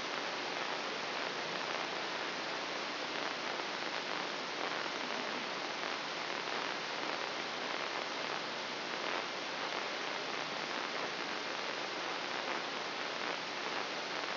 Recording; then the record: brain microelectrode recording played as sound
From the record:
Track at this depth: inside the subthalamic nucleus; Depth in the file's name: 3.114 mm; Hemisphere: left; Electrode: 3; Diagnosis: Parkinson's disease